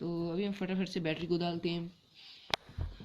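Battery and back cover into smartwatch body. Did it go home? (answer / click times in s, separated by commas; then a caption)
yes / 2.5 s. Someone talks while putting the battery into a V8 smartwatch with a camera, then the back cover is closed. A single sharp, loud snap is heard at 2.5 seconds, followed by a few quieter handling sounds. The battery and back cover are seated and the watch is closed up.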